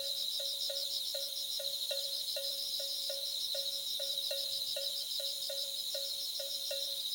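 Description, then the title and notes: Insect chorus of shrill, continuous buzzing and rapid pulsed trills, with a soft clicking tick repeating about three times a second throughout. Thousands of insects calling together. "thousands of insects. miduno"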